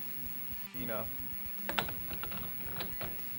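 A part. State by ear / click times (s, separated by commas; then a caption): seated / 1.8 s. A steering wheel is put on and twisted one-handed onto an NRG quick-release hub in a Datsun, while someone talks over background music. A sharp click at 1.8 s marks the wheel locking into the hub. It is seated, ready to go and not loose.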